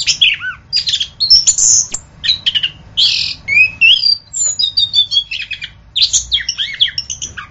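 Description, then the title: Orange-headed thrush pouring out a varied, energetic song of warbled whistles, harsh chips and high thin notes, almost without pause. "anis kembang"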